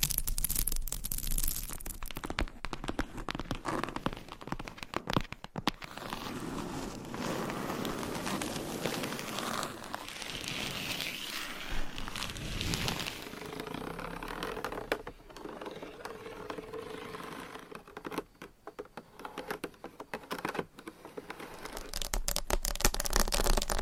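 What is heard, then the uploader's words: Dense tapping and scratching runs steadily through the whole stretch, a bright crackly texture with quick irregular taps layered over soft rubbing. Around the middle the scratching turns smoother and fuller, then sharper isolated taps stand out near the end, with a faint low hum underneath. ASMR Tapping and Scratching with 17 Different Mics , Surfaces & Nails No Talking.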